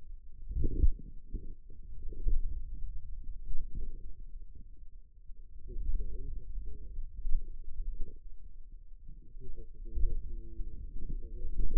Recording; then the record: forearm muscle sounds (acoustic myography)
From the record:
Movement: hand opening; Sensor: system 2, bracelet of six BSWA MPA416 microphones around the upper forearm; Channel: 2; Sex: male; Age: 22 years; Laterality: right